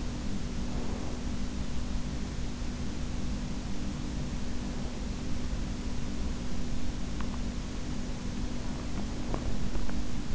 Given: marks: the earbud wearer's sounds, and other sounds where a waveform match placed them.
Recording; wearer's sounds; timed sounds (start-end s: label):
sounds in sleep by an in-ear microphone; breath, teeth grinding
0.00-1.87 s: breath
8.52-10.35 s: breath
9.22-9.46 s: teeth grinding